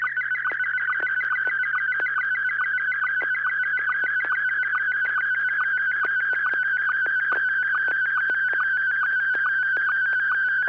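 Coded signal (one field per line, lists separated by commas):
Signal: SSTV (slow-scan television)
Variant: Scottie 1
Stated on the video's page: SSTV net on a 441.300 MHz FM repeater in Sacramento, sent with MMSSTV software.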